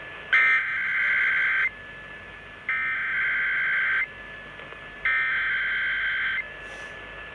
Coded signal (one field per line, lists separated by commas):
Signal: Emergency Alert System (SAME) tones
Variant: header bursts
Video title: EAS Test NYC 880 WCBS AM Radio EAS#45 (0:54)